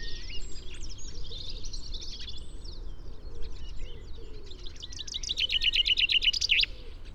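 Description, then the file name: Common chaffinch song near the end, a rapid series with a final flourish, after a stretch of busy chattering bird notes. "Fringilla coelebs"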